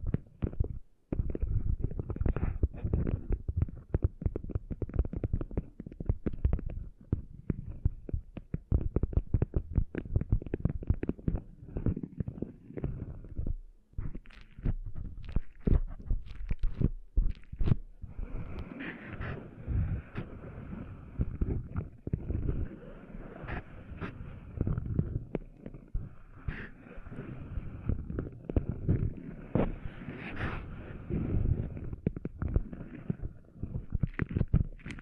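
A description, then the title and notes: Rough, muffled scratching and rubbing as sand is cleaned out of an ear, with dense low rumbling bursts and brighter scraping after twenty seconds. ASMR Cleaning Sand Out of Your Ears (No Talking).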